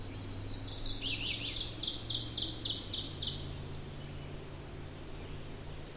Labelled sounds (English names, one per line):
Ovenbird song